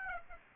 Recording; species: mosquito wingbeat signal from an infrared sensor; Aedes aegypti